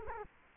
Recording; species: mosquito wingbeat signal from an infrared sensor; Culex quinquefasciatus